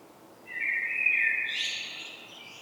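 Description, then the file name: Common blackbird giving one short song phrase: a smooth fluty whistle that breaks into a higher, scratchy twitter. "Turdus merula"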